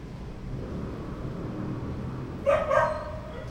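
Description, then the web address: Dog barking, two quick harmonic barks close together near the end after a stretch of low background rumble. "verbi voco danca visual. Chiens"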